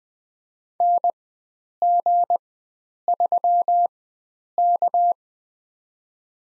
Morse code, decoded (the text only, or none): NG3K